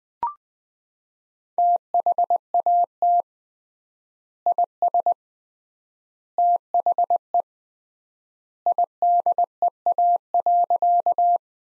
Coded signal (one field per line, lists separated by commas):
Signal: Morse code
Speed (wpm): 20 wpm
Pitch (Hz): 700 Hz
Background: none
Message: THAT IS THE IDEA.